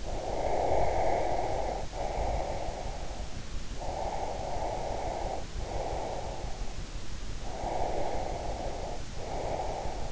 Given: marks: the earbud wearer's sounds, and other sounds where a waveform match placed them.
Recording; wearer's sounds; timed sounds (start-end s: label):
sounds in sleep by an in-ear microphone; breath
0.00-3.18 s: breath
3.44-6.61 s: breath
7.34-10.12 s: breath